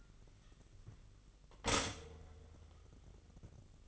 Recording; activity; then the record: daily activity, microphone in the room; stop toaster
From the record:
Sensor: 4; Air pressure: 1002.7 hPa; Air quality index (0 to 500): 234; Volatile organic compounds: 16 ppm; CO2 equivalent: 2536 ppm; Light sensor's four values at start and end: 21/74/27/27 and 18/60/22/22